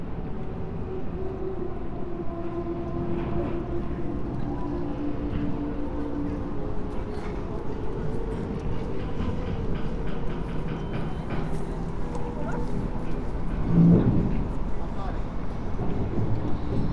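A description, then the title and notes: At a pontoon beside the Sydney Opera House, a steady low engine rumble drones throughout, with faint voices and a heavier thump near fourteen seconds. The eery-strange chaotic sounds made by floating pontoons moving in response to watery energies. In mid-winter this year, I went down to a favourite pontoon that floats alongside the Sydney Opera House at a place named the Man O’War Steps. I went to the Man O’War pontoon with a contact microphone to attach to the structure and a hydrophone to listen underwater.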